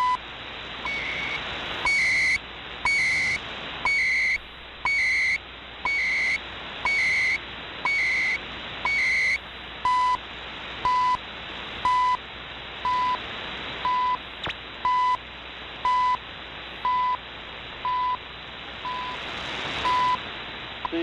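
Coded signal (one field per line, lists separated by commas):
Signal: radio time signal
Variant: CHU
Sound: about 9 warbling data chirps once a second, then 11 short beeping ticks each second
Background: radio static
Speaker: listening to CH you time signal from Ottawa Canada so 3 3 3 0 kilohertz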